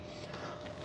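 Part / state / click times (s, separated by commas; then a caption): wire landing gear into RC foam airplane fuselage / not seated / none. The wire main landing gear of a small foam RC plane is handled and pressed toward its fuselage mount, producing steady, low-level rustling handling noise with no distinct transients. The clip ends before the part goes home, and nothing has seated or clicked yet.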